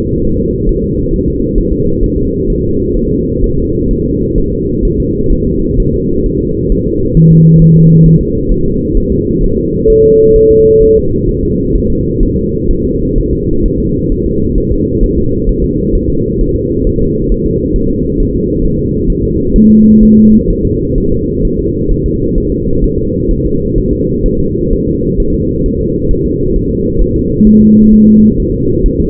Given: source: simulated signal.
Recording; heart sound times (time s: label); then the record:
fetal heart sounds
0.25 s: S1
0.39 s: S2
0.69 s: S1
0.84 s: S2
1.14 s: S1
1.28 s: S2
1.58 s: S1
1.73 s: S2
2.04 s: S1
2.18 s: S2
2.50 s: S1
2.64 s: S2
2.97 s: S1
3.11 s: S2
3.44 s: S1
3.58 s: S2
3.91 s: S1
4.05 s: S2
4.38 s: S1
4.52 s: S2
4.85 s: S1
5.00 s: S2
5.33 s: S1
5.47 s: S2
5.80 s: S1
5.94 s: S2
6.26 s: S1
6.41 s: S2
6.72 s: S1
6.87 s: S2
7.17 s: S1
7.32 s: S2
7.62 s: S1
7.76 s: S2
8.06 s: S1
8.21 s: S2
8.52 s: S1
8.66 s: S2
8.97 s: S1
9.12 s: S2
9.44 s: S1
9.58 s: S2
9.90 s: S1
10.05 s: S2
10.36 s: S1
10.51 s: S2
10.82 s: S1
10.97 s: S2
11.29 s: S1
11.43 s: S2
11.75 s: S1
11.90 s: S2
12.23 s: S1
12.37 s: S2
12.71 s: S1
12.85 s: S2
13.18 s: S1
13.33 s: S2
13.66 s: S1
13.80 s: S2
14.12 s: S1
14.27 s: S2
14.58 s: S1
14.72 s: S2
15.04 s: S1
15.18 s: S2
15.49 s: S1
15.64 s: S2
15.95 s: S1
16.10 s: S2
16.41 s: S1
16.56 s: S2
16.87 s: S1
17.01 s: S2
17.32 s: S1
17.46 s: S2
17.76 s: S1
17.91 s: S2
18.20 s: S1
18.35 s: S2
18.65 s: S1
18.79 s: S2
19.10 s: S1
19.24 s: S2
19.56 s: S1
19.70 s: S2
20.03 s: S1
20.17 s: S2
20.50 s: S1
20.65 s: S2
20.98 s: S1
21.12 s: S2
21.45 s: S1
21.59 s: S2
21.91 s: S1
22.06 s: S2
22.38 s: S1
22.52 s: S2
22.84 s: S1
22.99 s: S2
23.31 s: S1
23.45 s: S2
23.78 s: S1
23.93 s: S2
24.26 s: S1
24.40 s: S2
24.73 s: S1
24.88 s: S2
25.20 s: S1
25.34 s: S2
25.66 s: S1
25.80 s: S2
26.11 s: S1
26.26 s: S2
26.56 s: S1
26.71 s: S2
27.02 s: S1
27.16 s: S2
27.47 s: S1
27.62 s: S2
27.93 s: S1
28.08 s: S2
28.40 s: S1
28.54 s: S2
28.86 s: S1
29.00 s: S2
From the record:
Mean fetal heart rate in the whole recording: 130 bpm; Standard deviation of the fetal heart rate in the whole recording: 4 bpm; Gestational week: 38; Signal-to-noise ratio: -15.3 dB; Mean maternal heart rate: 72 bpm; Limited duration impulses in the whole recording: present